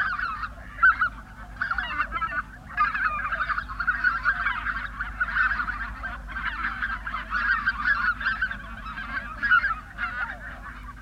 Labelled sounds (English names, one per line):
Greater White-fronted Goose call